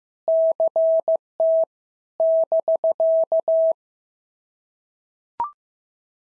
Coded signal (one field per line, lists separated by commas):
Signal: Morse code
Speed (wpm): 15 wpm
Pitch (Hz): 650 Hz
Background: none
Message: CT <BK>